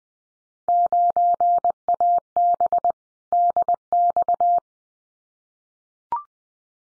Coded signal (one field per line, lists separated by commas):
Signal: Morse code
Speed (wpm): 20 wpm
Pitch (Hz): 700 Hz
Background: none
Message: 9AB DX